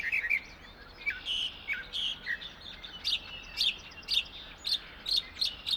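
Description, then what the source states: Northern Mockingbird singing a series of short sharp chips and whistled notes, with a soft stream rush underneath. Singing in an apple tree in a meadow at Finger Lakes National Forest, end of a morning exploration on 1 May, with a small stream rushing in the background; spring.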